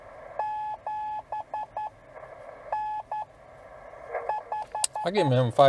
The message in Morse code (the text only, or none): 7 N 5